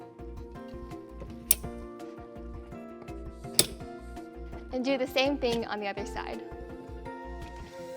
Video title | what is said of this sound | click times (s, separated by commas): How to assemble and adjust the height on your Graco® Pack 'n Play® Day2Dream Travel Bassinet | next put your bassinet feet on make sure you push down until you hear a click | 1.5 s, 3.6 s